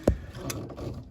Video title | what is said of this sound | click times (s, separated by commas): Jeep Patriot Black Smoke Fix / Compass CRD and Volkswagen Audi 140pd TDI | you'll hear him when he's correct, he'll snap into place. | 0.1 s